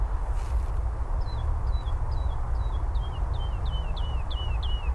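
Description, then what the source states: Woodlark song: a slow series of about ten clear, descending whistled notes over a steady low rumble of traffic. Woodlark singing from the top of a birch on heathland at Chobham Common, Surrey, in spring; song varies each time: faster, slower, slow with notes between, trills, short phrases; traffic noise present.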